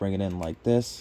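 A folded plastic panel section is brought in toward the body of a Transformers Generations Studio Series 86 #17 Voyager Class Ironhide figure while someone talks. The section is still being handled, and nothing has seated or clicked into place yet.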